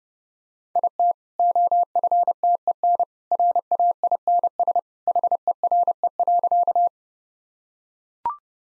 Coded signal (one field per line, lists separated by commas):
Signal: Morse code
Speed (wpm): 30 wpm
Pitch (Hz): 700 Hz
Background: none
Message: IT OFTEN RAINS HERE.